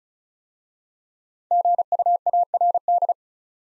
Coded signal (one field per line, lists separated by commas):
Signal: Morse code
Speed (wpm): 35 wpm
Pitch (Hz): 700 Hz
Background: none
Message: GUARD